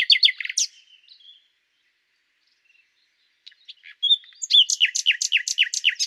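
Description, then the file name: Common nightingale opens with a rapid loud trill, falls quiet for about two seconds, then resumes with soft notes building into a loud repeated series. "Luscinia megarhynchos"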